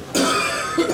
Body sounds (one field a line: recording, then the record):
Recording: coughing mixed with background sound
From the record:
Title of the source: Residual Phlegmy Morning Coughing and Gagging